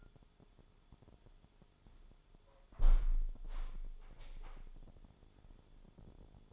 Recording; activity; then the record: daily activity, microphone in the room; close window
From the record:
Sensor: 5